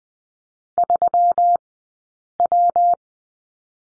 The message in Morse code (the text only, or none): 3W